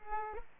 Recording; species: mosquito wingbeat signal from an infrared sensor; Culex pipiens